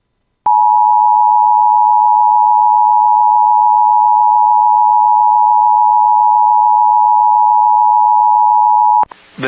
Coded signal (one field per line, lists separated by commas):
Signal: Emergency Alert System (SAME) tones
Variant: 853 and 960 Hz attention tone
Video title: [EAS] Flash Flood Warning for City of Bemidji (3” of rain in 1 hr) (7/23/2025)